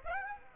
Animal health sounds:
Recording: mosquito wingbeat signal from an infrared sensor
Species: Aedes aegypti

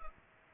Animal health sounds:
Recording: mosquito wingbeat signal from an infrared sensor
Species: Culex pipiens

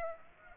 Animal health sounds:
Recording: mosquito wingbeat signal from an infrared sensor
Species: Aedes aegypti

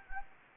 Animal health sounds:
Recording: mosquito wingbeat signal from an infrared sensor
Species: Anopheles gambiae

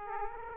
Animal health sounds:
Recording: mosquito wingbeat signal from an infrared sensor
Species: Aedes aegypti

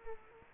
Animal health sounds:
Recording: mosquito wingbeat signal from an infrared sensor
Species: Culex quinquefasciatus

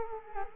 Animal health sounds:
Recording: mosquito wingbeat signal from an infrared sensor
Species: Culex quinquefasciatus

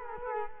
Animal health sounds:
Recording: mosquito wingbeat signal from an infrared sensor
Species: Culex quinquefasciatus

